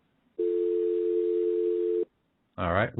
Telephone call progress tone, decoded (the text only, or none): dial tone